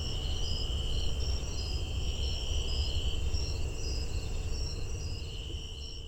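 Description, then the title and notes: Tree cricket holding a steady, even trill, with higher insects chirping in quick repeated pulses and a low rumbling background. Recorded near a visitor center in a research refuge, September 8, 2015, 8:02 pm, about 82 degrees; Fostex FR-2, Sennheiser ME62, Telinga parabola; edited with fade in and out. "Tree Cricket recorded near Visitor Center of Patuxent Research Refuge September 8, 2015 at 8:02pm. Temperature about 82 degrees."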